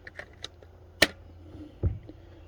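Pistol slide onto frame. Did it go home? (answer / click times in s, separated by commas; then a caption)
yes / 1.0 s. A pistol slide being reassembled after cleaning is pushed forward onto the frame until it locks in place. A few light ticks come first, then a sharp, loud metallic click at 1.0 s as the slide locks, followed by a duller low thump near 1.8 s. No words are spoken.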